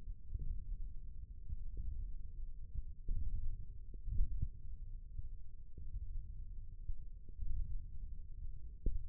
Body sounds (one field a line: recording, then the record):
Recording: forearm muscle sounds (acoustic myography)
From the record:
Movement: thumb flexion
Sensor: system 1, eight BSWA MPA416 microphones around the upper forearm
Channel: 2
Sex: male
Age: 20 years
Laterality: left